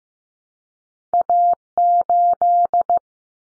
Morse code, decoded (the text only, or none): A8